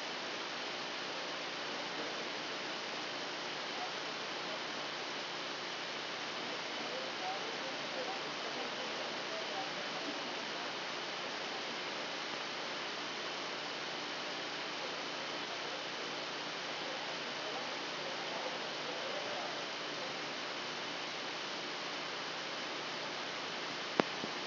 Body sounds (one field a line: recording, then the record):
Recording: brain microelectrode recording played as sound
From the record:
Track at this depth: inside the subthalamic nucleus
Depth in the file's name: 1.712 mm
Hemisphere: left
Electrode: 2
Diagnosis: Parkinson's disease